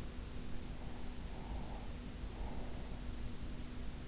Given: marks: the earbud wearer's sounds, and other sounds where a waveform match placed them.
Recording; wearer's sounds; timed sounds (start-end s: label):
sounds in sleep by an in-ear microphone; breath
1.81-3.81 s: breath